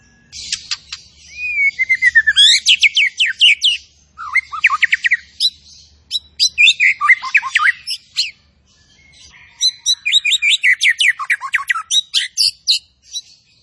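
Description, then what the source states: Zebra finch song in several bursts of quick, varied chirps, trills and whistled slurs, separated by short silences. Actively singing (gacor) songbird, locally called burung tembakan, used for tutoring (masteran).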